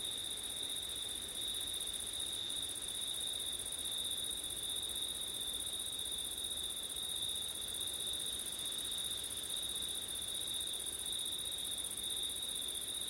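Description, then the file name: Crickets keep up a continuous high-pitched trill the whole time; a small click comes early, with gentle wind underneath. Crickets on a September night in wind. "crickets wind september night ortif"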